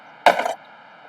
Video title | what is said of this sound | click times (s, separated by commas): WLHTCO3,WLHTCO4, WLHTCO5 FITTING VIDEO VOICED.. | பார்த்தீங்களா, உங்களுக்கு உள்ள வந்து லாக் ஆயிடுச்சு. | 0.3 s